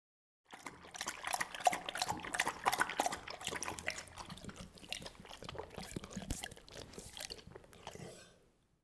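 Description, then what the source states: Dog drinking, rapid wet lapping and splashing, steady for roughly seven seconds before stopping. One dog drinking water.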